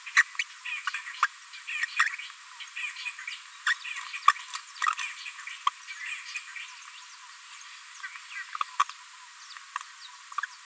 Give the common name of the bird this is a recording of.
Green-rumped Parrotlet